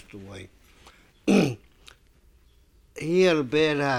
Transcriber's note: he clears his throat